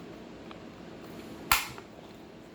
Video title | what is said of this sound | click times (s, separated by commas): My EDC (every day carry) | hear the snap one | 1.5 s